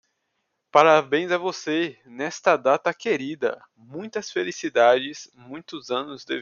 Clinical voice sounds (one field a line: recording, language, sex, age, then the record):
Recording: short text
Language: Brazilian Portuguese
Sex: male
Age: 20 to 29 years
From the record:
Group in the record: control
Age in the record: 24 years